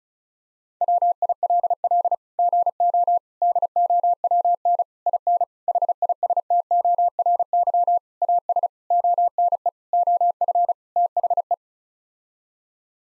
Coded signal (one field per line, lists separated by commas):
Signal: Morse code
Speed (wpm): 34 wpm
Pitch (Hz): 700 Hz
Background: none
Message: WILL GO DOWN IN HISTORY AS ONE OF THE